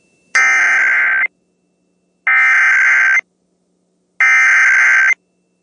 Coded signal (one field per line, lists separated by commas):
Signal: Emergency Alert System (SAME) tones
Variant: header bursts